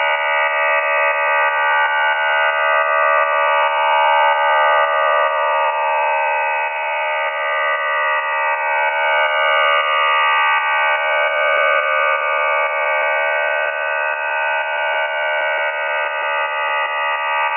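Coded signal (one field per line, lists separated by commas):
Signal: numbers station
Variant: Q26 QPSK modem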